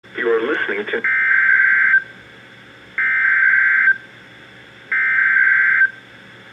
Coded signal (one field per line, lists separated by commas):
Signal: Emergency Alert System (SAME) tones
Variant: header bursts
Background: speech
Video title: Severe Thunderstorm Warning (EAS #1,784-1,785) - 6/5/18